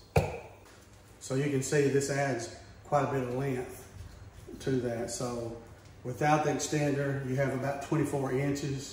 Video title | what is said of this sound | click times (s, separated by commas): Say Goodbye To Hand Scrubbing With The Amazing Good Papa Electric Spin Scrubber! | here and just 'll snap into place | 0.2 s